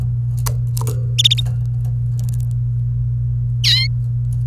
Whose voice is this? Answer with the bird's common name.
Domestic Canary